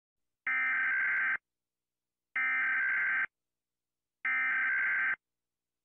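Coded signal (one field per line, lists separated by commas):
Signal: Emergency Alert System (SAME) tones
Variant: header bursts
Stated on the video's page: Compilation of emergency alarm sounds from around the world being rated.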